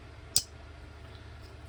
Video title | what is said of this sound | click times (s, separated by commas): DON’T GET BIT! - Jack Wolf Knives VENOM JACK | Super snappy. | 0.4 s